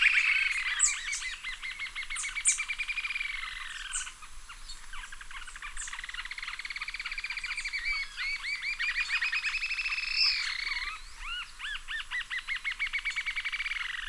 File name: Green tailed jacamar